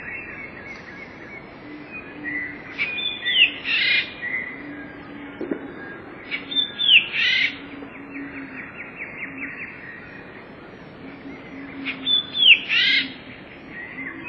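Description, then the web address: Eurasian blue tit song: high, clear, down-slurred whistles each followed by a rapid buzzy trill, repeated three times, with soft low notes underneath. "wroblowe teka spiew. wroblowe teka modraszkoteka"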